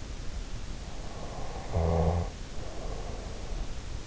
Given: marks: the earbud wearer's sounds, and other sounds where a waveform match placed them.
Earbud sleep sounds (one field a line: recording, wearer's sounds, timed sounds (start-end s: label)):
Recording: sounds in sleep by an in-ear microphone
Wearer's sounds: snoring breath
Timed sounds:
1.16-3.62 s: snoring breath